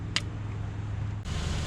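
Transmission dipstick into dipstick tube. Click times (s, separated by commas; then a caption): 0.2 s. A transmission dipstick on a 2007–2012 Nissan Altima 2.5L CVT is pushed back into its dipstick tube, giving a sharp, bright pop at 0.2 s as it seats in place. A steady low hum runs underneath, and a louder broadband hiss comes in at about 1.2 s and continues to the end.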